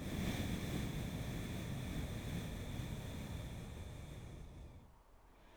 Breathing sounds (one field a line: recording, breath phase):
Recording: one breath near a microphone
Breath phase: exhalation